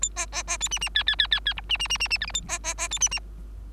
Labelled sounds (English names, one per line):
Bengalese Finch song